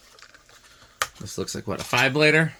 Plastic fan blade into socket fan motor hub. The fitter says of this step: okay let's see how easy it is these blades look like they just snap into place